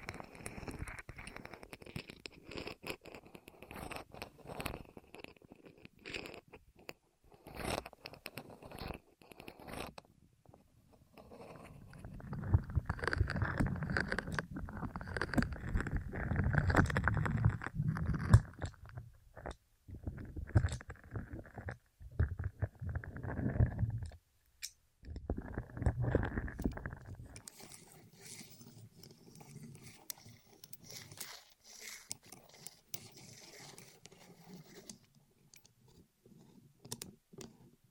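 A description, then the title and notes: An ASMR rolling sound against the ears. It opens with sparse clicks and crackles, then from about twelve to twenty-seven seconds a dense, low, rumbling roll takes over in bursts with brief pauses. The last stretch settles into a soft, quiet rustle. ASMR Rolling On Your Ears (No Talking).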